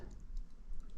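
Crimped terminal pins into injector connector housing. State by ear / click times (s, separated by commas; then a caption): not seated / none. Two crimped EV6 terminal pins are readjusted by hand to sit just right before being pushed into a plastic injector connector housing. Only faint light ticks and handling noise over a low background rumble are heard. Nothing has seated or clicked into place yet.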